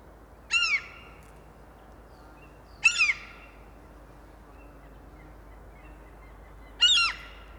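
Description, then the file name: Common gull calling three times, short harsh squealing notes with many harmonics at irregular intervals. "Common Gull Larus canus"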